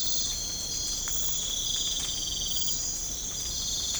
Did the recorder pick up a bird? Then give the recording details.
no. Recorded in pastures near Puerto Asís, Putumayo, Colombia, on 18 December 2024 at 04:00. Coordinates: 0.496, -76.326. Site G004